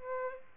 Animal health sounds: mosquito wingbeat signal from an infrared sensor; Aedes albopictus

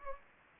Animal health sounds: mosquito wingbeat signal from an infrared sensor; Anopheles gambiae

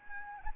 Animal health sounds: mosquito wingbeat signal from an infrared sensor; Anopheles gambiae

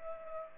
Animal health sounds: mosquito wingbeat signal from an infrared sensor; Culex pipiens

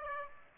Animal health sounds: mosquito wingbeat signal from an infrared sensor; Aedes aegypti

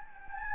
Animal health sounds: mosquito wingbeat signal from an infrared sensor; Anopheles gambiae

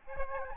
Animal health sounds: mosquito wingbeat signal from an infrared sensor; Aedes albopictus

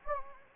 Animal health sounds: mosquito wingbeat signal from an infrared sensor; Anopheles gambiae

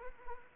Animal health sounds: mosquito wingbeat signal from an infrared sensor; Anopheles arabiensis

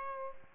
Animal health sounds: mosquito wingbeat signal from an infrared sensor; Aedes albopictus

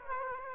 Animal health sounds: mosquito wingbeat signal from an infrared sensor; Aedes aegypti

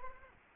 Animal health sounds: mosquito wingbeat signal from an infrared sensor; Anopheles arabiensis

